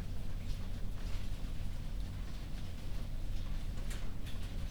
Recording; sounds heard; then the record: poultry house recording; no chicken sound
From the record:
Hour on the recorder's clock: 21